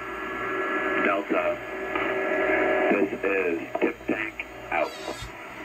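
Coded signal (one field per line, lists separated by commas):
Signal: coded military voice message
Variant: HFGCS Emergency Action Message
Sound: a male voice reading short clipped words over a noisy shortwave channel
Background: radio static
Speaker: i have one of those uh uh messages recorded and you can hear that now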